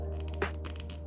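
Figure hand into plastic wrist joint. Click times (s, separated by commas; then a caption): 0.4 s. A hand is pushed onto the plastic wrist peg of a McFarlane Toys Malebolgia action figure after the broken part was re-glued with a thicker layer of super glue. Over a steady low hum and a few faint ticks, the hand pops into place with one sharp click at 0.4 s. It is seated and now holds without popping off.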